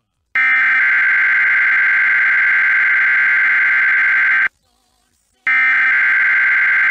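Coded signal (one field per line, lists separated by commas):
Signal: Emergency Alert System (SAME) tones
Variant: header bursts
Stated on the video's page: Real alerts for Hurricane Fiona in Puerto Rico, received from NOAA Weather Radio San Juan, a San Juan TV station's audio, and a Hormigueros transmitter.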